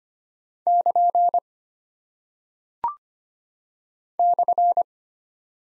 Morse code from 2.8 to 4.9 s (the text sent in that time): /